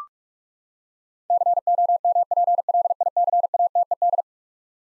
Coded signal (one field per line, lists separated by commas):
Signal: Morse code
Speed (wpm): 42 wpm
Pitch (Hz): 700 Hz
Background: none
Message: COMPLICATED